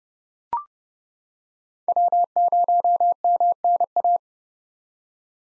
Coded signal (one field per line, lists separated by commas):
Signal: Morse code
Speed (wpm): 32 wpm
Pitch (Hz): 700 Hz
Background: none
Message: W0MNA